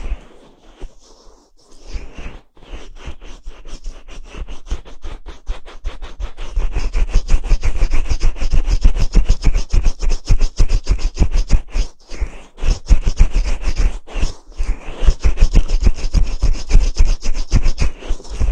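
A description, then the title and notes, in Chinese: Bonten ear cleaning: quiet at first, then rapid, dense fluffy scratching strokes that grow louder after seven seconds, with brief pauses near twelve and fifteen. 梵天掏耳。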